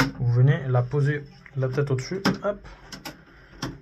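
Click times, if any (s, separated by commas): 3.6 s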